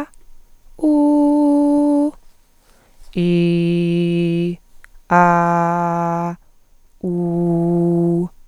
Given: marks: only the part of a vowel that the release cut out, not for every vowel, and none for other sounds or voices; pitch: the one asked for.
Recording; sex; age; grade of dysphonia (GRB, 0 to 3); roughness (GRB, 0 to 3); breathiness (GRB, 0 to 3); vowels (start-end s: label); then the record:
sustained vowels; female; 30 to 39 years; 1; 1; 0
0.87-2.04 s: vowel /u/, high pitch
3.21-4.43 s: vowel /i/, low pitch
5.16-6.25 s: vowel /a/, low pitch
7.08-8.18 s: vowel /u/, low pitch
From the record:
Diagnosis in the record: hyperfunctional dysphonia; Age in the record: 31 years